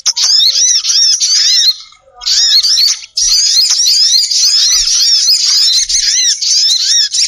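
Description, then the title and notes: Bird calls pour out as a loud, shrill mass of overlapping twitters and chirps, broken by two brief pauses. Compilation of bird lure sounds meant to attract stubborn birds that are hard to approach. "Suara Burung Bandel Yang Susah Mendekati. Kompilasi Suara Pikat Burung"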